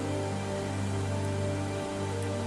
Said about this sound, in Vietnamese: Trời đổ mưa, hắn dự tính gần khu vực cầu đường sắt sẽ không có người.